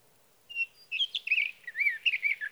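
Sage thrasher song: a brief whistled note, then a rapid, unbroken run of warbled, slurred phrases rising and falling without pause until the end.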